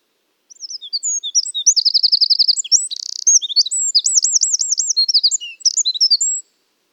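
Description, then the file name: Eurasian wren song: a loud, rapid cascade of high twittering notes with fast trills and a buzzy rattle midway, running about six seconds without pause. "Troglodytes troglodytes"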